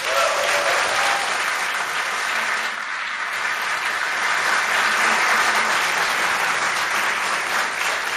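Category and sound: crowd, studio audience applause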